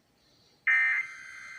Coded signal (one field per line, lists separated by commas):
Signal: Emergency Alert System (SAME) tones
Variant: end-of-message bursts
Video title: EAS: Pennsylvania Required Monthly Tests (12/19/19)(EAS #234-238)